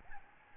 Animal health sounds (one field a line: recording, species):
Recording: mosquito wingbeat signal from an infrared sensor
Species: Aedes albopictus